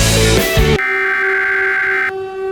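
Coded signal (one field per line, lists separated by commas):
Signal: Emergency Alert System (SAME) tones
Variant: header bursts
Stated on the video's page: Fictional EAS scenario about a nextbot attack, not a real alert.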